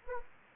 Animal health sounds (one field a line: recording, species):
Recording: mosquito wingbeat signal from an infrared sensor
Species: Anopheles gambiae